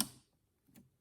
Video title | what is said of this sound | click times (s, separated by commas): Best £700 Gaming PC Build - RX 5700 Ryzen 5 2600X (w/ Gameplay) | and you hear click like that. And now that's the RAM installed. | 0.0 s